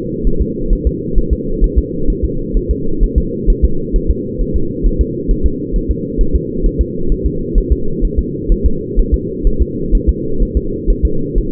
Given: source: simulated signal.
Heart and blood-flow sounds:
fetal heart sounds
0.27 s: S1
0.42 s: S2
0.73 s: S1
0.87 s: S2
1.18 s: S1
1.33 s: S2
1.64 s: S1
1.78 s: S2
2.10 s: S1
2.25 s: S2
2.57 s: S1
2.71 s: S2
3.04 s: S1
3.18 s: S2
3.50 s: S1
3.65 s: S2
3.96 s: S1
4.11 s: S2
4.42 s: S1
4.56 s: S2
4.87 s: S1
5.01 s: S2
5.31 s: S1
5.46 s: S2
5.76 s: S1
5.91 s: S2
6.21 s: S1
6.36 s: S2
6.66 s: S1
6.81 s: S2
7.12 s: S1
7.26 s: S2
7.58 s: S1
7.73 s: S2
8.05 s: S1
8.19 s: S2
8.52 s: S1
8.66 s: S2
8.99 s: S1
9.14 s: S2
9.47 s: S1
9.62 s: S2
9.95 s: S1
10.09 s: S2
10.43 s: S1
10.57 s: S2
10.90 s: S1
11.05 s: S2
11.38 s: S1
From the record:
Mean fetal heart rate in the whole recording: 130 bpm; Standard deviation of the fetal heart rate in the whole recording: 4 bpm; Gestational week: 38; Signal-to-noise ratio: -8.1 dB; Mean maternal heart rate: 72 bpm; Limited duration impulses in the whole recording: present

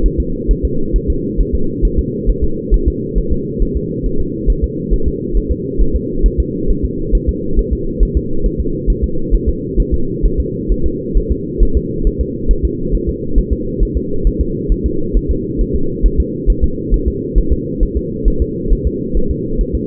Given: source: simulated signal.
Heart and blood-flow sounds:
fetal heart sounds
0.06 s: S1
0.20 s: S2
0.51 s: S1
0.65 s: S2
0.96 s: S1
1.10 s: S2
1.41 s: S1
1.55 s: S2
1.85 s: S1
1.99 s: S2
2.30 s: S1
2.44 s: S2
2.74 s: S1
2.88 s: S2
3.18 s: S1
3.33 s: S2
3.62 s: S1
3.77 s: S2
4.06 s: S1
4.20 s: S2
4.50 s: S1
4.64 s: S2
4.94 s: S1
5.08 s: S2
5.37 s: S1
5.51 s: S2
5.81 s: S1
5.95 s: S2
6.26 s: S1
6.40 s: S2
6.70 s: S1
6.84 s: S2
7.15 s: S1
7.29 s: S2
7.59 s: S1
7.73 s: S2
8.03 s: S1
8.17 s: S2
8.46 s: S1
8.60 s: S2
8.90 s: S1
9.04 s: S2
9.34 s: S1
9.49 s: S2
9.80 s: S1
9.94 s: S2
10.26 s: S1
10.40 s: S2
10.72 s: S1
10.86 s: S2
11.18 s: S1
11.32 s: S2
11.63 s: S1
11.77 s: S2
12.07 s: S1
12.21 s: S2
12.51 s: S1
12.65 s: S2
12.95 s: S1
13.09 s: S2
13.38 s: S1
13.53 s: S2
13.83 s: S1
13.97 s: S2
14.27 s: S1
14.41 s: S2
14.72 s: S1
14.86 s: S2
15.17 s: S1
15.31 s: S2
15.61 s: S1
15.75 s: S2
16.06 s: S1
16.20 s: S2
16.50 s: S1
16.64 s: S2
16.94 s: S1
17.08 s: S2
17.38 s: S1
17.52 s: S2
17.83 s: S1
17.97 s: S2
18.28 s: S1
18.42 s: S2
18.73 s: S1
18.87 s: S2
19.17 s: S1
19.31 s: S2
19.61 s: S1
19.75 s: S2
From the record:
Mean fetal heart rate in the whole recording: 135 bpm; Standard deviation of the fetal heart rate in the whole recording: 3 bpm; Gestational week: 36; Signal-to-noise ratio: -8.1 dB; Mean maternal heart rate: 72 bpm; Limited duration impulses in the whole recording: absent

